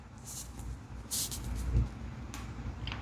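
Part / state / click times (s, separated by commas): flashlight body in rotating clip mount / seated / 2.9 s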